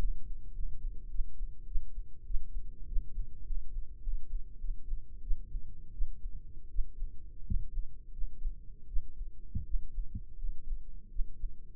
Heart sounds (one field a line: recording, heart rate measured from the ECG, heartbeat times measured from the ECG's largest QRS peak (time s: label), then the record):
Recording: heart sounds by microphone in the right ear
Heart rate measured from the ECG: 91 bpm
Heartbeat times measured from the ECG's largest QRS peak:
0.53 s: heartbeat
1.08 s: heartbeat
1.65 s: heartbeat
2.24 s: heartbeat
2.86 s: heartbeat
3.44 s: heartbeat
4.01 s: heartbeat
4.58 s: heartbeat
5.21 s: heartbeat
5.91 s: heartbeat
6.68 s: heartbeat
7.44 s: heartbeat
8.11 s: heartbeat
8.86 s: heartbeat
9.63 s: heartbeat
10.37 s: heartbeat
11.09 s: heartbeat
From the record:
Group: healthy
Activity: rest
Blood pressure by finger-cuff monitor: 112/60 mmHg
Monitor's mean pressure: 71 mmHg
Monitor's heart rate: 97 bpm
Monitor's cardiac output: 7.2 L/min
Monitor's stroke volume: 74 mL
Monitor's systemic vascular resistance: 730 dyn s/cm5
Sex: male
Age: 20 years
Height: 167 cm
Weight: 61 kg